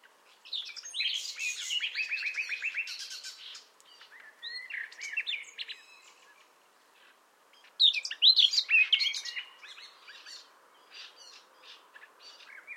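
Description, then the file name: Common nightingale song: a rapid repeated stuttering series, scattered whistled notes, a quiet gap, then a loud burst of varied chattering phrases and fading notes. "Luscinia megarhynchos"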